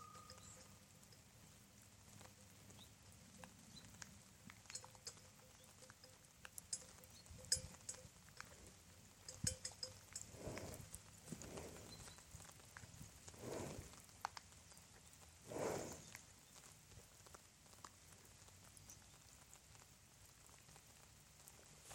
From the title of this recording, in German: Eine Kuh im Sommerregen